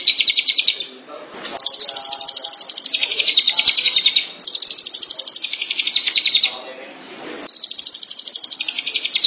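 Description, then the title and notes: Long-tailed Shrike song, several phrases of fast, harsh trilled notes separated by short quiet gaps. Recorded March 2017. "Pentet 201703. Suara burung pentet"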